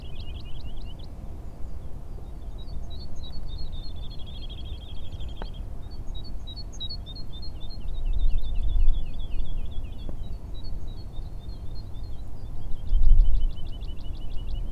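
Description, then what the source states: Woodlark singing several phrases: a quick rippling trill, then a buzzy held trill, then slurred descending notes, and finally a fast repeated trill, with a constant low rumble beneath. Recorded on 28 February 2022.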